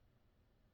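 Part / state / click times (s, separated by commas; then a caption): auto-injector pen against the thigh / not seated / none. An unlocked Mounjaro auto-injector pen for type 2 diabetes, cap off, is pressed against the thigh just before its button is pushed. Only steady low background noise is heard, with no sharp sounds. Nothing has clicked or fired yet.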